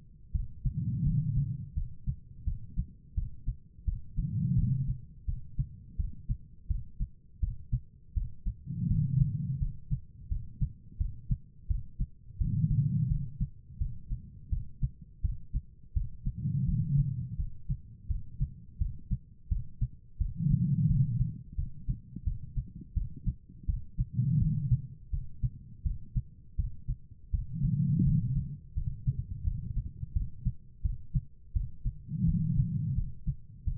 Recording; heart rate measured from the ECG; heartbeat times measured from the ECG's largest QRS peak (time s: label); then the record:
heart sounds by stethoscope; 85 bpm
0.32 s: heartbeat
1.04 s: heartbeat
1.75 s: heartbeat
2.45 s: heartbeat
3.15 s: heartbeat
3.85 s: heartbeat
4.56 s: heartbeat
5.26 s: heartbeat
5.97 s: heartbeat
6.68 s: heartbeat
7.40 s: heartbeat
8.14 s: heartbeat
8.88 s: heartbeat
9.59 s: heartbeat
10.29 s: heartbeat
10.98 s: heartbeat
11.68 s: heartbeat
12.38 s: heartbeat
13.08 s: heartbeat
13.78 s: heartbeat
14.50 s: heartbeat
15.22 s: heartbeat
15.94 s: heartbeat
16.66 s: heartbeat
17.37 s: heartbeat
18.08 s: heartbeat
18.79 s: heartbeat
19.49 s: heartbeat
20.18 s: heartbeat
20.87 s: heartbeat
21.56 s: heartbeat
22.24 s: heartbeat
22.94 s: heartbeat
23.66 s: heartbeat
24.39 s: heartbeat
25.11 s: heartbeat
25.83 s: heartbeat
26.57 s: heartbeat
27.31 s: heartbeat
28.04 s: heartbeat
28.74 s: heartbeat
29.44 s: heartbeat
30.13 s: heartbeat
30.82 s: heartbeat
31.53 s: heartbeat
32.25 s: heartbeat
32.95 s: heartbeat
33.65 s: heartbeat
From the record:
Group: healthy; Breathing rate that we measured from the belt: 15 breaths a minute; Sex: female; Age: 51 years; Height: 162 cm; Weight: 70.04 kg